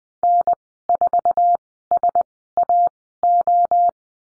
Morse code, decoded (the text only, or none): N4SAO